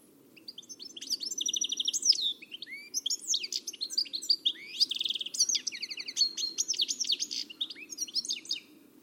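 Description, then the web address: Bird song as a long, rambling medley of high twittering, buzzy trills and quick slurred whistles, delivered nearly nonstop. "Deverinetal. Bird Only"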